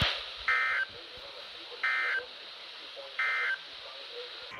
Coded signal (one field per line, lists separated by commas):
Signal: Emergency Alert System (SAME) tones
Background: speech